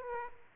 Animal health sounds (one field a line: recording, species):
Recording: mosquito wingbeat signal from an infrared sensor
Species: Aedes aegypti